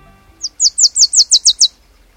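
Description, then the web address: Wilson's warbler song: a quick series of eight high, sharp downslurred chips, lasting just over a second. Male; migrates south from Canada to Central America in autumn. "Birdnote. Wilsons Warbler"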